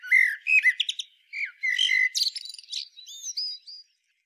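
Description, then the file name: Common blackbird singing rich, warbling fluted notes in quick succession, followed by thin, scratchy twitters and a few high squeaky whistles. "Turdus merula"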